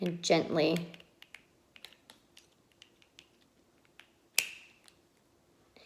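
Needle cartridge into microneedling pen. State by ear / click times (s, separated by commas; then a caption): seated / 4.4 s. A plastic microneedle cartridge is pushed gently onto the tip of an electric microneedling pen after someone talks briefly at the start. Several faint ticks and taps follow, and a sharp, loud click at 4.4 s shows the cartridge has seated and the pen is ready.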